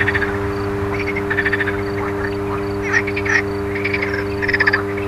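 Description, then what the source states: Frogs croaking in quick rattling bursts over a droning mains hum. Frogs recorded alongside an electrical transformer's hum.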